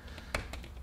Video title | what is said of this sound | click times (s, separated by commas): Ring Alarm 2nd Gen Review (Long Term) | and it does take some effort to take off but again you leave it like that clicks in | 0.4 s